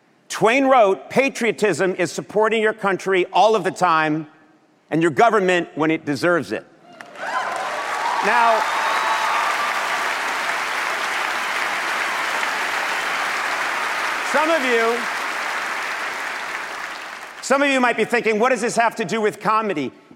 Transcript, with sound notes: Twain wrote, patriotism is supporting your country all of the time and your government when it deserves it.
(APPLAUSE)
Now, some of you might be thinking, what does this have to do with comedy?